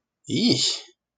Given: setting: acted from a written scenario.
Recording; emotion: vocal sound without words; disgust